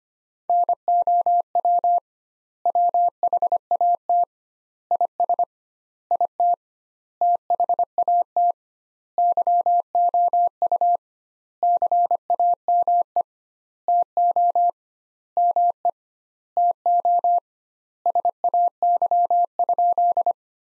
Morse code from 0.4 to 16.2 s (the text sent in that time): NOW WHAT IS IT THAT YOU CAME TO ME